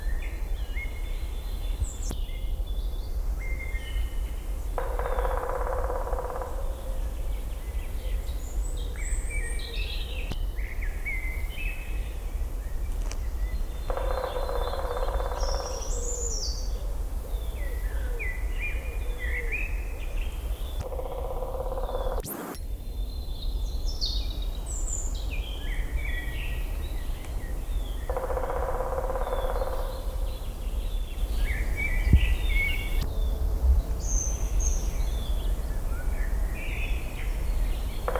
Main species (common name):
Black Woodpecker